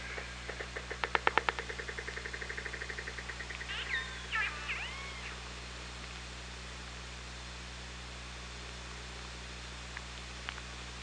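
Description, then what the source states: Orca click train, rapid clicks for about two seconds, followed by a few short, wavering pulsed calls, then steady low underwater hum. Recorded on the OrcaLab hydrophone, underwater, 24 August 2017, around 18:34.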